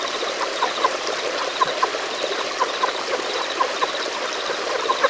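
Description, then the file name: Relict leopard frog giving sparse clicking notes in pairs about once a second, with rushing water and a thin, high pulsed buzz behind. "Rana onca"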